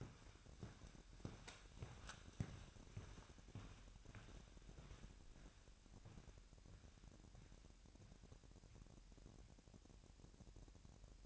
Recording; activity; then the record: daily activity, microphone in the room; walk to room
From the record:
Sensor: 2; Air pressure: 1012.1 hPa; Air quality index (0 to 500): 152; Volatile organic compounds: 2 ppm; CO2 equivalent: 1100 ppm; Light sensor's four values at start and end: 81/194/79/78 and 85/202/83/81